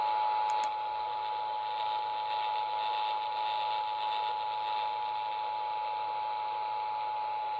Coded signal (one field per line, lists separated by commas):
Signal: Emergency Alert System (SAME) tones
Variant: 853 and 960 Hz attention tone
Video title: Eas svr on wbap and KLIF Eas#548- 549